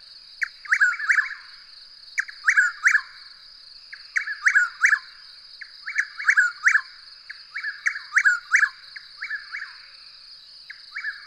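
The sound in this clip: Bird song: repeated bursts of three or four short, downward-slurred chirps over a constant high, steady whine.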